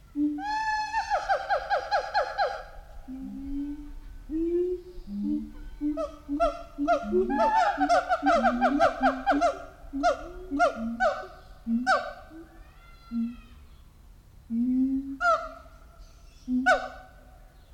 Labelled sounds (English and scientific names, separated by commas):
Siamang (Symphalangus syndactylus)